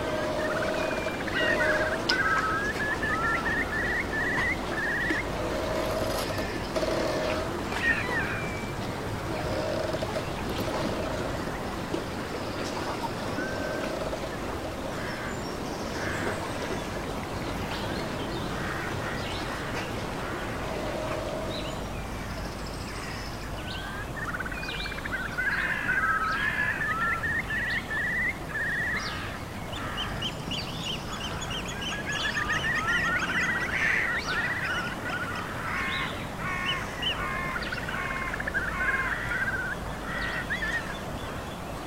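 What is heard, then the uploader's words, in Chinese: A steady nature ambience with a constant soft wash of noise and a low rumble underneath. Bird calls, some sounding like ducks or geese, chatter repeatedly throughout, bunching into busier runs around the start and again past the middle. 真实录制的大自然白噪音氛围。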